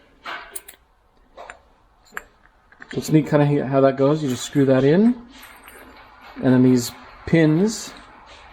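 A hole saw is being assembled on its arbor: the saw is screwed on and the arbor's drive pins are about to be pushed in to lock it into place. A few short handling taps and clicks come early, then someone talks through the rest. The clip ends before the pins go home, so nothing has seated or clicked yet.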